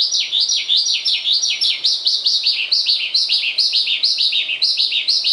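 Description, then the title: Javan bush lark song: a fast, continuous run of sharp descending chirps between mid and high pitch, repeated rapidly and steadily throughout. "Suara Burung Branjangan"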